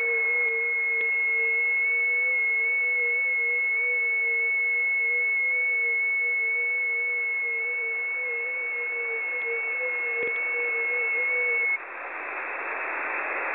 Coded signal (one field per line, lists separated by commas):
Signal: FT8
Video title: Monitoring 6 meter